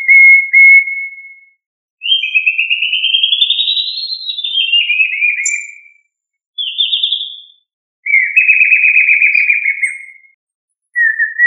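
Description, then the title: Thrush song of clear whistled phrases: a steady note, a long rising then falling slur, a short high note and a buzzy trilled whistle, with brief silent gaps. "Familia Turdidae - Sabia"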